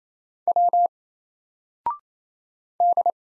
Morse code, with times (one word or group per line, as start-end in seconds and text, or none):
0.5-0.9 W
2.8-3.1 D